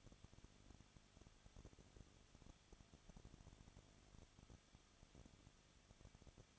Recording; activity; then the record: daily activity, microphone in the room; no activity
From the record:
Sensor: 4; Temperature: 23.0 degrees Celsius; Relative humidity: 34.2%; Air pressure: 1007.3 hPa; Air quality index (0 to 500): 217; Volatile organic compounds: 15 ppm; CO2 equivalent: 2516 ppm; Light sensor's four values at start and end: 2/3/1/1 and 2/3/1/1